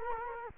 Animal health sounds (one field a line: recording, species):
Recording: mosquito wingbeat signal from an infrared sensor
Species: Culex quinquefasciatus